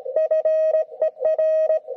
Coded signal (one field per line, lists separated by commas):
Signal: Morse code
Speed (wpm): 17 wpm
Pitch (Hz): 630 Hz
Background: none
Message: FER